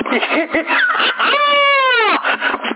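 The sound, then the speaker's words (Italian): A child's wailing cry rises and then falls in one sustained, tonal sob lasting under a second, set between stretches of murmured, whimpering vocal sounds. “Chissà chi era quel bambino Monello.”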